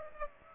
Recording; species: mosquito wingbeat signal from an infrared sensor; Aedes aegypti